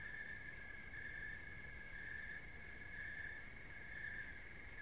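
Cricket gives a continuous high trill, beating roughly once a second, with a faint low drone beneath.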